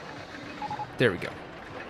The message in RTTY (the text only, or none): none